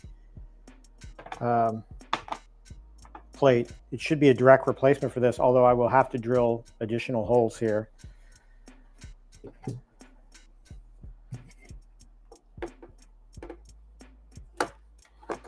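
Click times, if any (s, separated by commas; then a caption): none. During a Big Buck Hunter Pro Deluxe arcade cabinet build, a replacement plastic plate is handled at its mount on the cabinet panel while someone talks. Light ticks and knocks come throughout, with a sharp hit near 2.1 s and another near 14.6 s. Nothing has seated or clicked into place yet.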